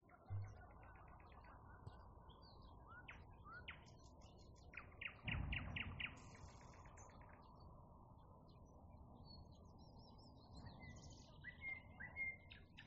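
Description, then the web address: Nightingale giving scattered sharp notes and a short pulsed trill, with a loud low thump midway and a continuous low rumble throughout. "naichinkeru"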